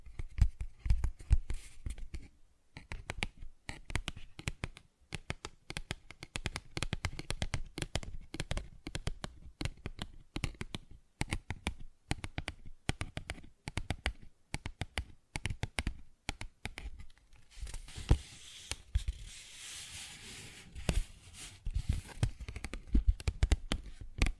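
Fingers tap and scratch on a paper bag in dense, irregular bursts of sharp clicks and crinkles, with brief pauses around 2 and 15 seconds. From about 17 seconds a brighter, hissy rustling scrape runs underneath the taps until near the end.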